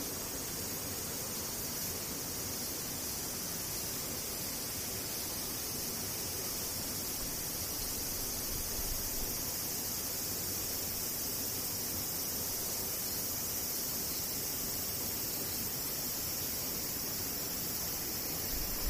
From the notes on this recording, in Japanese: セミ